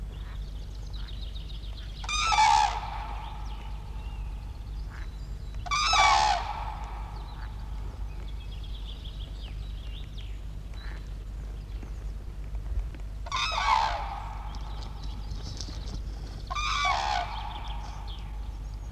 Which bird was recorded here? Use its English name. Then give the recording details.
Common Crane. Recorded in the wild. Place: Sandschenke, Niederlausitz, Sachsen, DE. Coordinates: 51.3333, 14.8. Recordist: Meyer, Hugo. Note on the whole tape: Kranichpaar (Sandschänke) am Brutplatz. Lautes Trompeten währed des Fluges